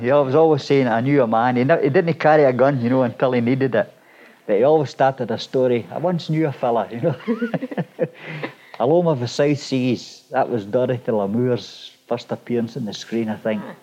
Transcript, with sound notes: He's always saying, "I knew a man" He, he didn't carry a gun, you know? Until he needed it. But he always started a story, "I once knew a fella" you know! [both laugh] Aloma of the South Seas, that was Dorothy Lamour's first appearance on the screen, I think.